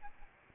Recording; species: mosquito wingbeat signal from an infrared sensor; Aedes albopictus